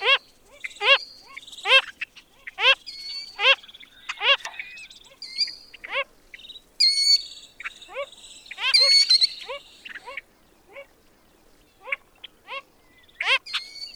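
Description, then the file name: Wilson's phalarope nasal calls: short, harmonic notes repeated roughly every second, mixed with higher buzzy and chirping sounds. "Wilsons Phalarope - Phalaropus tricolor"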